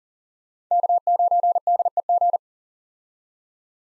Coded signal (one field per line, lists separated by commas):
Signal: Morse code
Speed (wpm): 40 wpm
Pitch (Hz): 700 Hz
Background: none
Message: K9DEG